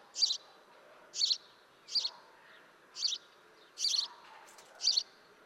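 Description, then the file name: House sparrow calling with six bright, harsh chirps spaced about a second apart against a faint background hiss and hum. "Passer domesticus"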